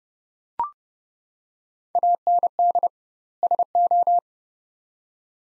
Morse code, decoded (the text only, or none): AND SO